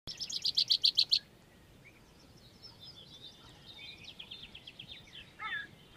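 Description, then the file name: Common chaffinch song opens loudly with a rapid series of bright notes, followed by softer, fainter song phrases through the rest. "Fringilla coelebs"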